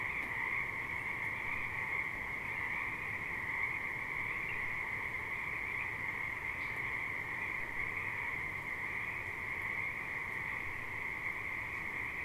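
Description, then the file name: Frogs calling in a dense continuous chorus, a steady high trilling drone without pauses. Alsea River. "Frogs at Alsea River"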